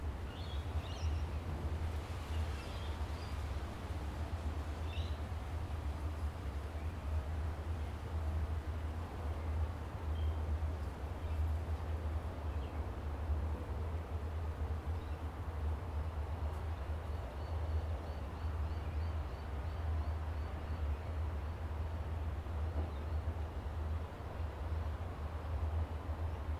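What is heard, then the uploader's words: Outdoor ambience overlooking Tamarama Beach near Bondi, Sydney, dominated by a steady, deep rumble that never lets up, with a dense wash of noise above it. A few faint, brief chirps come early on, and a light, high ticking appears in the second half. Overlooking Tamarama Beach, Bondi, Sydney,. This recording comes from outside the building we stayed in overlooking the beautiful Tamarama Beach, which neighbors the well-known Bondi Beach outside of Sydney. It was a particularly windy, but beautiful day that I was able to capture without too much disturbance from the wind gusts.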